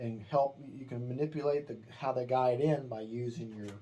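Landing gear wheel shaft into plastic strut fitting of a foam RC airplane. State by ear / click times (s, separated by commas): not seated / none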